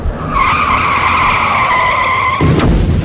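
Car tires screech in a long, loud, steady high-pitched squeal for about two seconds, then a sudden crash cuts in with a burst of broad noise at the end.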